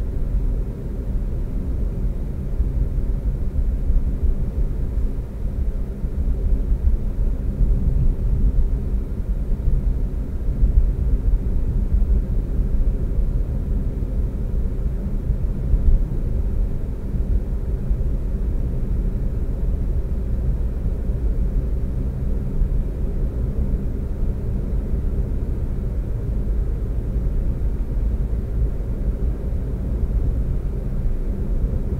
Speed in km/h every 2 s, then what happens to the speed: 55, 55, 56, 56, 58, 58, 60, 60, 60, 61, 64, 66, 68, 69, 71, 71.
0-16 steady at about 58. 16-32 speeds up to 71.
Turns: none.